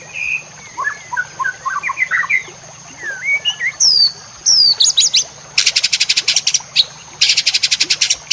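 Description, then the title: White-rumped shama song: varied whistled and chattering notes, then sharp repeated high clicking bursts, over a steady high tone. Training song for cage birds. "MURAI BATU LABAIK"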